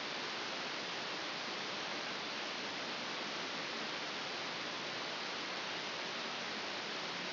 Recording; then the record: brain microelectrode recording played as sound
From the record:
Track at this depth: outside the subthalamic nucleus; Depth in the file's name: 7.505 mm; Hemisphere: left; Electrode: 2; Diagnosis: Parkinson's disease